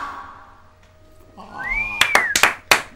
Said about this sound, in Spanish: Gracias. Son tristes, dos aplausos, pero es de la sala completa. Agradecido.